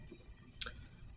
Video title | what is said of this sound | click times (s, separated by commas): Transformers Studio Series Gamer Edition War for Cybertron Ironhide | snap into place. | 0.6 s